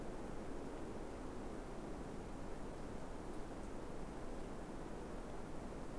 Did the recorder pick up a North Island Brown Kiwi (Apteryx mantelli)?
no